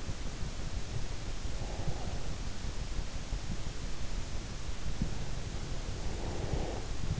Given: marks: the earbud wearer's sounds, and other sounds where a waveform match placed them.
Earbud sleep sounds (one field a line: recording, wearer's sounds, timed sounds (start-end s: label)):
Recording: sounds in sleep by an in-ear microphone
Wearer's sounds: breath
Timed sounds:
1.48-2.45 s: breath
5.63-7.19 s: breath